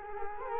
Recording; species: mosquito wingbeat signal from an infrared sensor; Culex quinquefasciatus